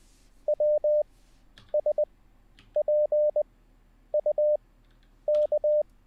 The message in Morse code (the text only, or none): WSPUK